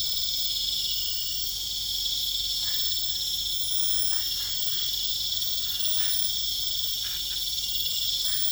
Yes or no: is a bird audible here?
no